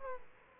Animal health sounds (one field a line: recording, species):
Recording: mosquito wingbeat signal from an infrared sensor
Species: Aedes aegypti